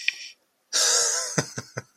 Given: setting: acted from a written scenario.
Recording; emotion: vocal sound without words; amusement